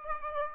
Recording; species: mosquito wingbeat signal from an infrared sensor; Aedes aegypti